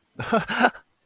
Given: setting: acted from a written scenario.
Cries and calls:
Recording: vocal sound without words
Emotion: positive surprise

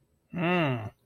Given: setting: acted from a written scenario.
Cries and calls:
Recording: vocal sound without words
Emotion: pride

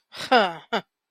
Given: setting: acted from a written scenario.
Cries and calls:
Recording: vocal sound without words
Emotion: contempt

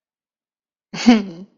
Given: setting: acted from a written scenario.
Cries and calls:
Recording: vocal sound without words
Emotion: sadness

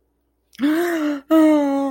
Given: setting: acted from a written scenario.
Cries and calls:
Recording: vocal sound without words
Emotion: fear

